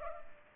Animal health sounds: mosquito wingbeat signal from an infrared sensor; Culex pipiens

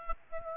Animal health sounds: mosquito wingbeat signal from an infrared sensor; Aedes aegypti

